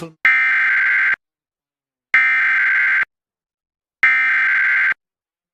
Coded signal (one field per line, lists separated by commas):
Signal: Emergency Alert System (SAME) tones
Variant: header bursts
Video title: Real EAS Alert #29 (10/9/24)